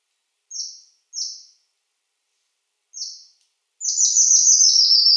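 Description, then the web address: Red avadavat song: three short high descending chirps, then a rapid run of thin high twittering notes dropping slightly in pitch. "Schulze Peter Red Avadavat"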